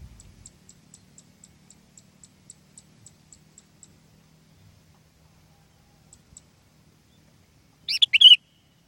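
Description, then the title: Sooty-headed bulbul song: a lone bubbly phrase near the end, preceded by a steady series of faint high ticks. "kutilang"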